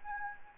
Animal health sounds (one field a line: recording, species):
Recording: mosquito wingbeat signal from an infrared sensor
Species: Anopheles gambiae